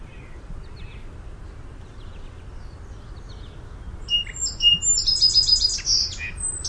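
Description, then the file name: Song sparrow song near the end: a few bright notes leading into a fast run of chips and a buzzy ending, with faint chirps and steady low noise before. "SOSP song"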